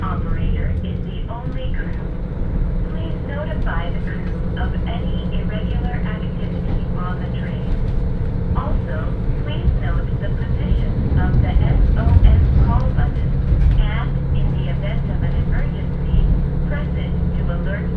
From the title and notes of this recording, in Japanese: 耳で楽しむ鉄道旅 函館本線 函館→池田園（藤城支線経由）。函館から大沼を経由して、2022年廃止駅（ちなみに乗車日は廃止前日です）の１つである池田園駅まで行ってみました。